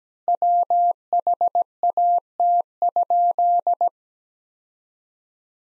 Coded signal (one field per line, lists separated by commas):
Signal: Morse code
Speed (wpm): 17 wpm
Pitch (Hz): 700 Hz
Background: none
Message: WHAT?